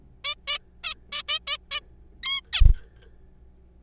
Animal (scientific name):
Taeniopygia guttata